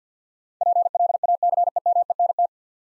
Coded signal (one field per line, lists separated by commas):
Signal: Morse code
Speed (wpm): 50 wpm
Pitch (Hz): 700 Hz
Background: none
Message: PLACEMENT